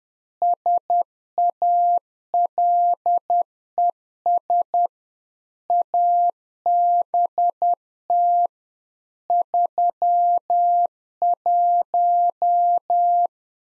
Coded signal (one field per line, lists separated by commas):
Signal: Morse code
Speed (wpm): 10 wpm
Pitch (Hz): 700 Hz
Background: none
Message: SALES ABT 31